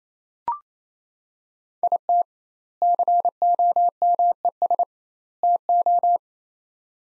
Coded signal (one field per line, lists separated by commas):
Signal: Morse code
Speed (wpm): 28 wpm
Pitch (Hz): 700 Hz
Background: none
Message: IT COMES TO